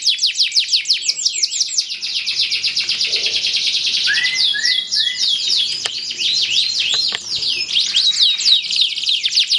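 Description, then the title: Canary delivering a dense, high-pitched song of fast repeated notes and rolling trills, with a few lower swooping whistles midway, continuing without a break. Belgian canary; warm-up song used to stimulate singing. "Canto Para Esquentar Canário Belga. SUARA BURUNG : Kenari"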